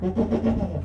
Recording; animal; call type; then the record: contact call of a hoofed animal; goat; low-frequency (closed-mouth) or high-frequency (open-mouth) call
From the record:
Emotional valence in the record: positive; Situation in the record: food anticipation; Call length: 0.85 s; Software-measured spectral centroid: 1040 Hz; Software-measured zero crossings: 590 a second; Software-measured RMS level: -24 dBFS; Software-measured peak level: -11 dBFS